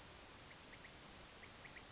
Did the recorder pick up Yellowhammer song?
no